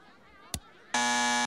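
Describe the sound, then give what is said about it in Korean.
A sharp click, then a loud, harsh alarm bell rings out in one steady, buzzing burst for about half a second, over a faint background murmur, as a woman uses the alarm bell to report to the school principal. “그리고 아줌마도 알람벨을 통해서 오, 다들 리사를 별종으로 네.”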